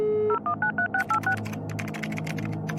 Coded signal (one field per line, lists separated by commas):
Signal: DTMF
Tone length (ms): 100 ms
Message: 0193686